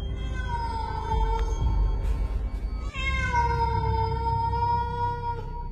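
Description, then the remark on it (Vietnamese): A black cat lets out an eerie, drawn-out screech in two long wails, its high pitch wavering and sliding, loud and alone with no voices. “Con mèo nó rít lên một tiếng ghê rợn, đoạn nó nhảy vun vút qua hai bước, né qua cú vụt của cậu tôi.”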